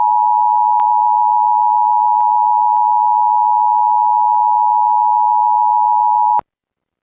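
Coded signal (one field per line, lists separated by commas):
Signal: Emergency Alert System (SAME) tones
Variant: 853 and 960 Hz attention tone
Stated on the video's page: Recreated EAS scenario, not a real alert.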